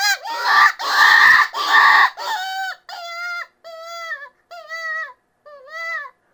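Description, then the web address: Cottontail rabbit distress screams: three loud, harsh, noisy wails followed by five shorter, clearer tonal squeals with a slight rise and fall, each separated by brief pauses. "Rabbit 063-Cottontail. Distress"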